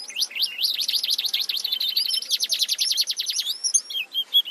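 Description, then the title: White-eye singing a rapid, high-pitched warbling trill of tightly repeated notes that wobble up and down, ending in a few looser descending chirps. "Pleci"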